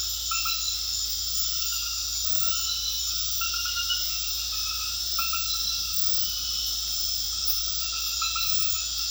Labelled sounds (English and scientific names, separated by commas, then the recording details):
none
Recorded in secondary vegetation near Puerto Asís, Putumayo, Colombia, on 8 March 2025 at 22:30
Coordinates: 0.498, -76.327
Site G001